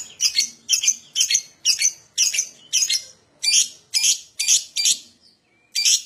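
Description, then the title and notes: Lovebird song: loud, harsh, rasping screechy notes repeated about twice a second, with one short pause before the last note. Adult lovebird, described as gacor (singing constantly) with an owor-owor song style. "LOVEBIRD GACOR OWOR OWOR. Lovebird Dewasa"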